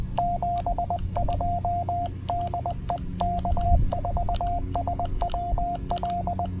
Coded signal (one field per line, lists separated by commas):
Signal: Morse code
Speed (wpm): 20 wpm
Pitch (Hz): 700 Hz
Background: radio noise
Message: 72 DE K4SWL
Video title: Penntek TR-45L Skinny: QRP POTA from Great Seal State Park!